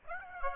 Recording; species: mosquito wingbeat signal from an infrared sensor; Aedes aegypti